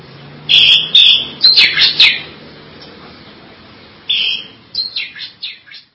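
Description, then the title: Greater green leafbird singing short, loud runs of scratchy whistles and chirps, a pause of about two seconds, then a fresh burst of fading notes. "Cucak ijo"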